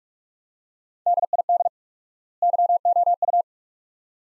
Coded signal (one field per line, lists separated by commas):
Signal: Morse code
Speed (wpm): 47 wpm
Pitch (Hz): 700 Hz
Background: none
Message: DID YOU